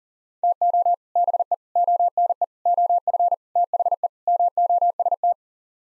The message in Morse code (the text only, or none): TO BE ONE OF THE MOST